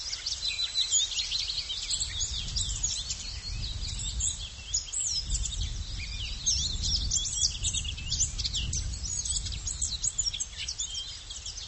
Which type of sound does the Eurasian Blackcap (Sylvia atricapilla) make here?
song